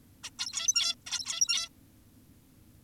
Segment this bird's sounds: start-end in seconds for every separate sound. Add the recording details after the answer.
0.24-0.30, 0.39-0.95, 1.07-1.69. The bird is an adult. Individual g17y2U